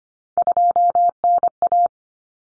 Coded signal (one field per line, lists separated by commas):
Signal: Morse code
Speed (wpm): 25 wpm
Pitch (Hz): 700 Hz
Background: none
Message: 2NA